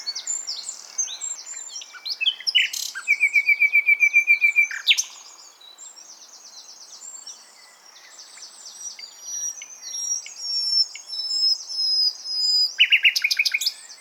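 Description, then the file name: Common nightingale song: a loud pulsing run of repeated notes with a steady whistled trill, a quieter stretch, then varied phrases ending in loud rapid repeated notes. "Luscinia megarhynchos"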